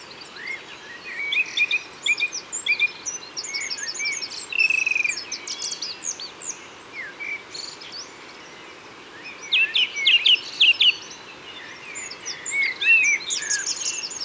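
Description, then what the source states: Song thrush singing: varied, bright whistled phrases, each note repeated two or three times, with short pauses between phrases. Recorded in Isère, France.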